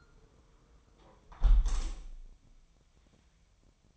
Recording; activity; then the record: daily activity, microphone in the room; close window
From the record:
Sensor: 1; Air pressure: 999.8 hPa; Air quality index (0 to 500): 230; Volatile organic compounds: 90 ppm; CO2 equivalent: 3688 ppm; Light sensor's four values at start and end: 11/27/10/11 and 10/25/10/11